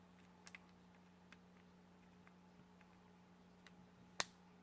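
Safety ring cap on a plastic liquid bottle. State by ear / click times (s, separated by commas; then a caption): released / 4.2 s. A tamper-evident safety ring on the cap of a plastic e-liquid squeeze bottle is broken so the cap comes free. A few faint ticks and small clicks sound over a steady low hum, and then a sharp, loud pop at 4.2 s marks the ring breaking and the cap releasing.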